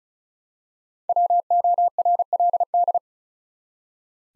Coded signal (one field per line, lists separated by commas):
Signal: Morse code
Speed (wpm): 36 wpm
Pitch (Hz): 700 Hz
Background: none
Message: WORLD